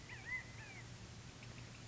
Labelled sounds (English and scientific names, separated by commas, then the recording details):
California Quail (Callipepla californica)
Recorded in Sonoma County, California